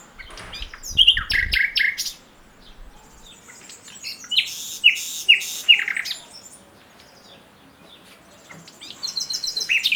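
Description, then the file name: Common nightingale song: loud, varied phrases of sharp chirps, buzzy bursts and quick repeated whistled notes, broken by short pauses, with a new phrase starting near the end. "Luscinia megarhynchos"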